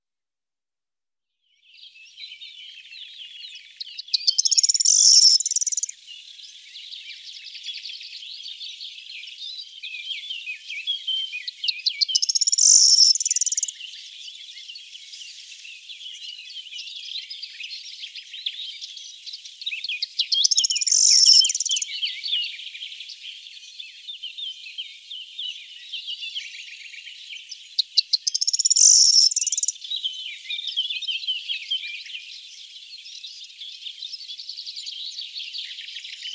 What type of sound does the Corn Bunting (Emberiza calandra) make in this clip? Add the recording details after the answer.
song. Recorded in the wild. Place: St. Laurent des Arbres und Umgebung, FR. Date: 2008-05-14. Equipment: MiniDisc Sharp MT 20 H. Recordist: Schwarz, Dieter. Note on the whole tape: Song